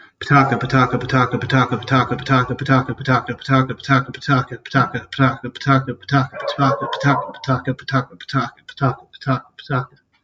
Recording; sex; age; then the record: repeated syllables /pa ta ka/; male; 30 to 39 years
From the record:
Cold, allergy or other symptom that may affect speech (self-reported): no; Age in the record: 32 years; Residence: Kansas, United States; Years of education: 16